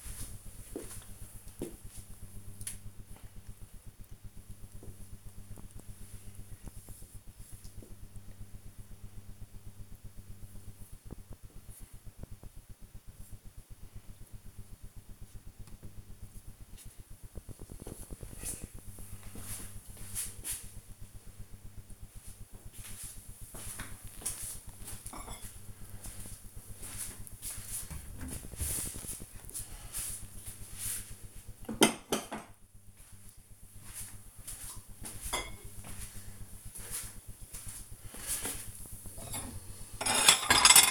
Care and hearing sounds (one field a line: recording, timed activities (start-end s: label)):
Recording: household activities, microphone on the right wrist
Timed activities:
24.54-40.91 s: putting away the dishes